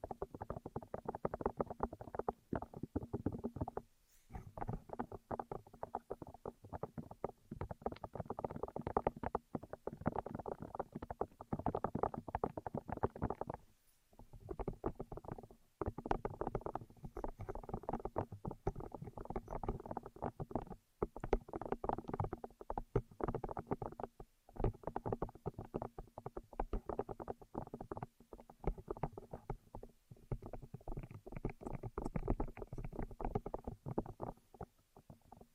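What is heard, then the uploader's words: Intense ear triggers: dense, fast scratchy crackling and rubbing with a low steady hum underneath, broken by brief silent pauses every few seconds. Intense Ear Triggers (No Talking).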